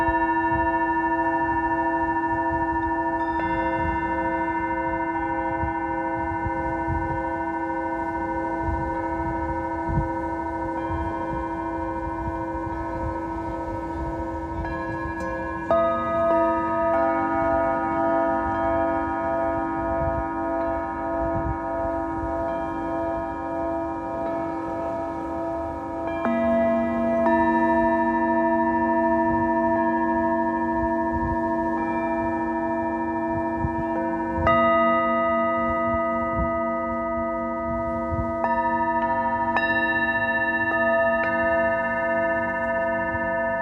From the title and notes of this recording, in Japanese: メキシコから シンギングボウルのサウンドヒーリング。